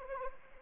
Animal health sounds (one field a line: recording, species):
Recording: mosquito wingbeat signal from an infrared sensor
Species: Anopheles arabiensis